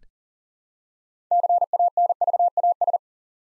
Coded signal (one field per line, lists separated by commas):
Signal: Morse code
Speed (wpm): 39 wpm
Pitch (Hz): 700 Hz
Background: none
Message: CANVAS